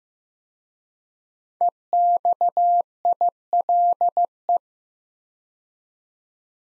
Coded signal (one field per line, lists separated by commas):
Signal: Morse code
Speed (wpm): 15 wpm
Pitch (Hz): 700 Hz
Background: none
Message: EXILE